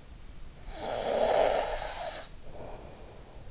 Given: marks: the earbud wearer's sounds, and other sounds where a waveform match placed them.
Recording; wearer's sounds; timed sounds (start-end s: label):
sounds in sleep by an in-ear microphone; snoring breath
0.33-3.24 s: snoring breath